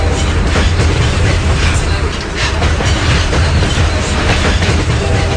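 A train rolls steadily along the rails, a continuous loud rumbling roar with a deep low hum and faint rhythmic clatter of wheels running through the whole stretch.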